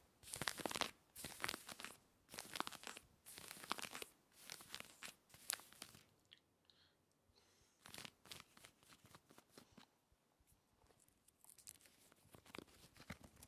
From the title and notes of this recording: ASMR Aggressive Jean Scratching Clothing Sounds to Help you Tingle and Sleep Denim Fabric.